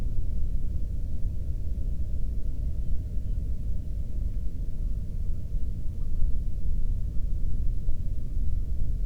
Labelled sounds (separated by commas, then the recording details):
near silence
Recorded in the Prudhoe Bay oil fields, Alaska, on 13 June 2019 at 00:30
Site 30